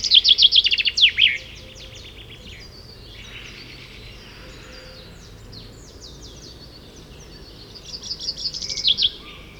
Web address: chant xeno-canto pinson des arbres